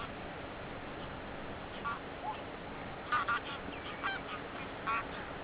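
Goose: geese give short nasal honks in scattered groups, a few close together then spaced out, against a constant low hiss.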